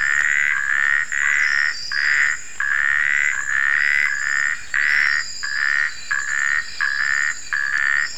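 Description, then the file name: Natal puddle frog calling in a dense run of short buzzy croaks, each around half a second long with brief gaps between them, in a steady rhythm. "Phrynobatrachus natalensis"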